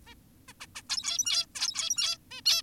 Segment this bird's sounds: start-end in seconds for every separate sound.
0.06-0.14, 0.48-0.52, 0.60-0.66, 0.76-0.82, 0.90-1.46, 1.55-2.18, 2.31-2.41, 2.46-2.62